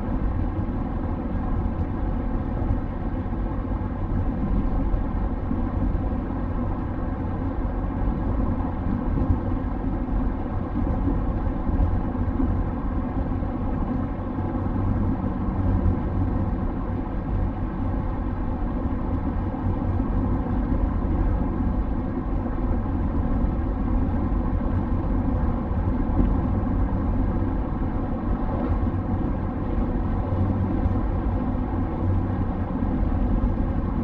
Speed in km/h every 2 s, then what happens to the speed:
95, 95, 95, 95, 95, 95, 95, 95, 95, 94, 95, 95, 95, 95, 95, 94, 94.
0-34 steady at about 95.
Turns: none.